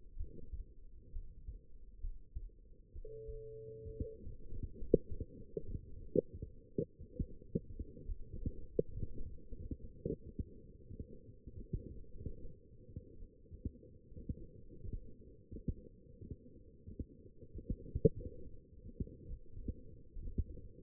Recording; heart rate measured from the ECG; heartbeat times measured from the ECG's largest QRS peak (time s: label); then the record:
heart sounds by stethoscope; 69 bpm
0.16 s: heartbeat
1.12 s: heartbeat
2.00 s: heartbeat
2.92 s: heartbeat
3.86 s: heartbeat
4.77 s: heartbeat
5.61 s: heartbeat
6.41 s: heartbeat
7.22 s: heartbeat
8.06 s: heartbeat
8.89 s: heartbeat
9.49 s: heartbeat
10.68 s: heartbeat
11.54 s: heartbeat
12.35 s: heartbeat
13.17 s: heartbeat
14.06 s: heartbeat
14.90 s: heartbeat
15.73 s: heartbeat
16.62 s: heartbeat
17.35 s: heartbeat
18.42 s: heartbeat
19.28 s: heartbeat
20.13 s: heartbeat
From the record:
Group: healthy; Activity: rest 0-4 s, light exercise 4-21 s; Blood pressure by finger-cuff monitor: 113/72 mmHg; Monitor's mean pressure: 83 mmHg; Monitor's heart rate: 67 bpm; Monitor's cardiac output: 5.5 L/min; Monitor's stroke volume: 79 mL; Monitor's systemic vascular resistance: 1100 dyn s/cm5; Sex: female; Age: 22 years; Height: 171 cm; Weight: 65.6 kg